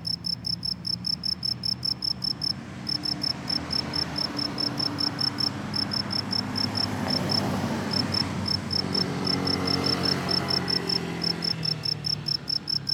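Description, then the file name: Cricket song: high-pitched chirps of brief pulses repeated rhythmically with a few short breaks, alongside a continuous low rumble. "grillon"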